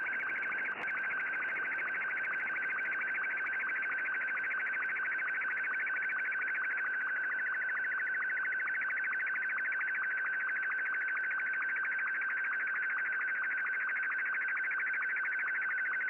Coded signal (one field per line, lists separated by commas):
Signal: SSTV (slow-scan television)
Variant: Martin 2